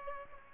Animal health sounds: mosquito wingbeat signal from an infrared sensor; Aedes aegypti

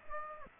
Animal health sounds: mosquito wingbeat signal from an infrared sensor; Aedes aegypti

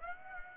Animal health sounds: mosquito wingbeat signal from an infrared sensor; Aedes aegypti

